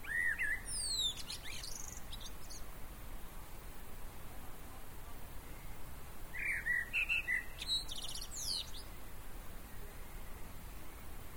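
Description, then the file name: Common blackbird singing two separate phrases, fluty low notes rising into thin, scratchy high twitters, with several seconds of hissy quiet between them. "Turdus merula"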